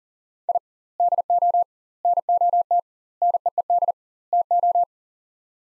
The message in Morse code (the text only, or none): I DO NOT NEED TO